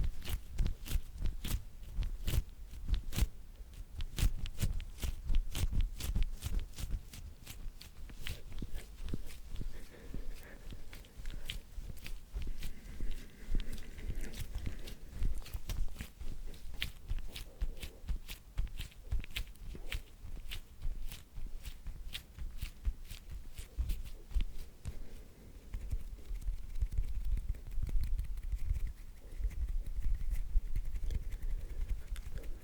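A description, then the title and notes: Hand sounds made in quick, uneven bursts of sharp taps, rubs and clicks, with no steady rhythm across the 33 seconds. The sharp clicks come densely throughout over a low rumbling bed, the activity thinning briefly near the middle before picking up again toward the end. Hand Sounds That Are Unpredictable At 100% Sensitivity.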